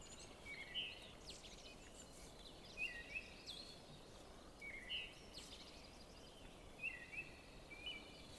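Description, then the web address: Eyebrowed thrush song: short whistled phrases given roughly every two seconds, faint against steady background noise. "Turdus obscurus song. birds of the ussr"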